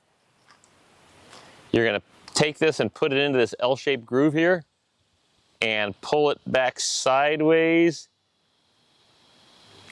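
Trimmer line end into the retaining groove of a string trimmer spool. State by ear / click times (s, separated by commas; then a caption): seated / 9.9 s. Someone talks while placing the end of the nylon trimmer line into the L-shaped groove on the plastic spool of a Craftsman 20V string trimmer and pulling it back sideways. A faint snap comes at 9.9 s as the line seats in the retaining groove and is held in place.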